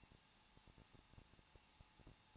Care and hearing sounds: daily activity, microphone in the room; no activity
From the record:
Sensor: 1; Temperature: 20.1 degrees Celsius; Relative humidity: 39.1%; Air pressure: 1006.4 hPa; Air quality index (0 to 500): 216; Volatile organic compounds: 74 ppm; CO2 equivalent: 3552 ppm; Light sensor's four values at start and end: 1/2/1/1 and 1/2/1/1

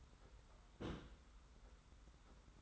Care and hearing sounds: daily activity, microphone in the room; place on stove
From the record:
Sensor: 3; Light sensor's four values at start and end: 45/124/51/44 and 45/124/51/44

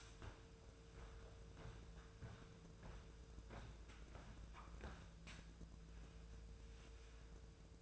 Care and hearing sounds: daily activity, microphone in the room; walk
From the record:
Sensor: 2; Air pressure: 1005.3 hPa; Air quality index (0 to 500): 98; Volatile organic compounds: 2 ppm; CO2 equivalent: 1188 ppm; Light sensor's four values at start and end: 8/20/8/8 and 8/20/8/8

